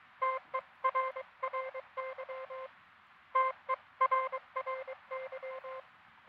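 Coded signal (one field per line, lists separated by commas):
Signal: Morse code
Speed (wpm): 22 wpm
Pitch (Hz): 520 Hz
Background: none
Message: TERRY TERRY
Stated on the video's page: QRP CW Parks On The Air 2fer activation on a truSDX, working a pileup with US DX contacts.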